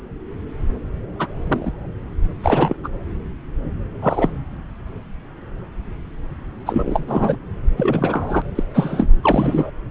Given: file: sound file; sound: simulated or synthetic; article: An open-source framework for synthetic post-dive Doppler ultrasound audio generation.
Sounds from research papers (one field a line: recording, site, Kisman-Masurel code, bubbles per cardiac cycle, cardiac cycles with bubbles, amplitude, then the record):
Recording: Doppler ultrasound audio after a dive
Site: subclavian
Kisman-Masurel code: 233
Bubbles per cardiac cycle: several, 3–8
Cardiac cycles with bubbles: 50–99%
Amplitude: loud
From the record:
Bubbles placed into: full cardiac cycles